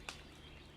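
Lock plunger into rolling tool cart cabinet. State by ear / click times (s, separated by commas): seated / 0.1 s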